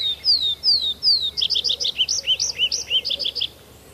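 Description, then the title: Tree Pipit song: a few long downslurred whistles followed by a quick series of bright, chipping repeated notes that stop abruptly. "Viikon luontoääni: Metsäkirvinen"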